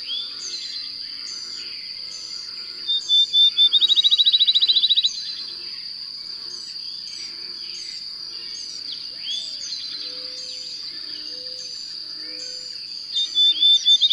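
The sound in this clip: Bird song: a rapid trill of high repeated notes early on, then scattered chirps and brief notes, over a continuous high whine.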